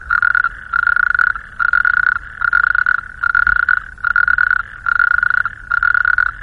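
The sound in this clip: Natterjack toad rattling call: bursts of loud churring trill about half a second long, repeated steadily with brief pauses.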